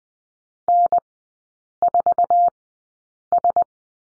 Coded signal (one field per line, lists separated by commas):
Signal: Morse code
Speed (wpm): 20 wpm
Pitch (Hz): 700 Hz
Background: none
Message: N4S